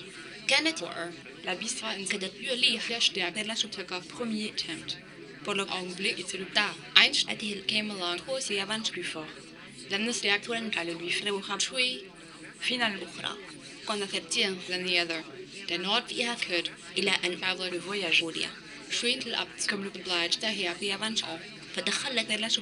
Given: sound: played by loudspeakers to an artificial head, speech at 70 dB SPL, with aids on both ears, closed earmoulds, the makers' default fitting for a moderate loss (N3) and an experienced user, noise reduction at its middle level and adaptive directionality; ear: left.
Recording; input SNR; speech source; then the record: speech test signal (ISTS) in cocktail-party noise; +6 dB; in front (0 degrees)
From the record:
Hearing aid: class 2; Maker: B